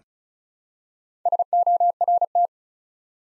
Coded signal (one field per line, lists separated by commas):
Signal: Morse code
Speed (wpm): 36 wpm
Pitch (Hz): 700 Hz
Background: none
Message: SORT